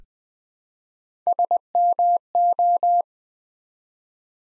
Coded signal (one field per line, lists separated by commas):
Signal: Morse code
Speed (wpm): 20 wpm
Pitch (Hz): 700 Hz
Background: none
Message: SMO